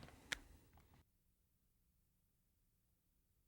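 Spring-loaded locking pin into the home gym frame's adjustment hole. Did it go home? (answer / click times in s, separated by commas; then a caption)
yes / 0.3 s. On a Bowflex Revolution home gym, the sliding part is lowered back down by its handle after the spring-loaded locking pin is released. Under faint handling noise, a sharp, loud click at 0.3 s marks the pin snapping into the frame's adjustment hole. Soft rustling continues until about 1.0 s, then near silence follows with the pin seated.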